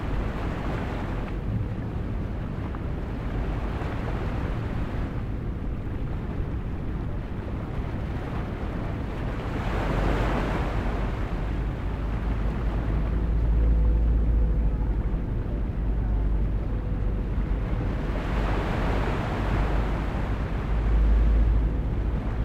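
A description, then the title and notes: Ocean waves wash in slow swells around 1, 10 and 20 seconds over a steady low rumble of noise, with faint thumping low notes. Calm Ocean Waves and Brown Noise with Relaxing Lo Fi Music. Ocean waves calmly crashing to shore along with brown noise and a peaceful lo fi beat playing in the background.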